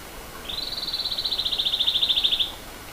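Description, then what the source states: Pene Sigi bird giving a high, rapid trill of many even notes lasting about two seconds, growing slightly louder toward the end, over quiet background hiss. Bird known locally as Pene Sigi, recorded in Papua New Guinea.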